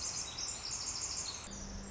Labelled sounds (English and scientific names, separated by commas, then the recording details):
Pacific Wren (Troglodytes pacificus)
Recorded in Sonoma County, California